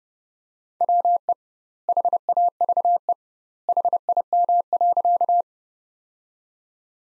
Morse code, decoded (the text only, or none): WE HAVE HIM.